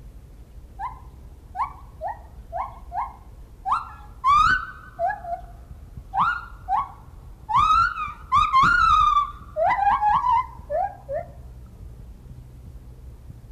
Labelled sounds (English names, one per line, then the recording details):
Lar Gibbon
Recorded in captivity
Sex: male
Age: adult
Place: Zoo Rostock, Mecklenburg-Vorpommern, DE
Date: 1975-12-05 10:30
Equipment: Uher CR 210, Verstärker, Sennheiser MD 421, Kopie Unitra ZK 246
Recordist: Tembrock, Günter
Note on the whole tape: Männchen: Rufe und Strophen, zu Beginn der Aufnahme fällt 2-3 mal der Pegel ab